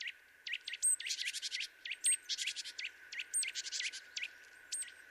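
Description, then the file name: Eurasian nuthatch calls as quick high clicks and piping notes, clustered in fast runs with short gaps, steady and insistent throughout, no other sounds evident. "Sitta europaea"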